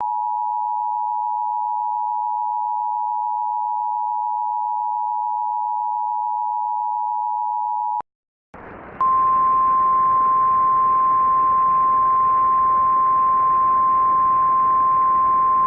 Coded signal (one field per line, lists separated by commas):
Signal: Emergency Alert System (SAME) tones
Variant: 853 and 960 Hz attention tone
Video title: EAS re-creation: A Brewing Storm